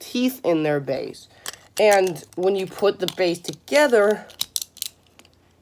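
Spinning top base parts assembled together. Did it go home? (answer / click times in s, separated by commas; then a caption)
yes / 4.6 s, 4.8 s. Someone talks while putting together the plastic base of a spinning top, and the teeth in the base click as the parts twist into place. Sharp little clicks are heard at 4.6 s and 4.8 s, followed by a few fainter ticks, showing the base has seated.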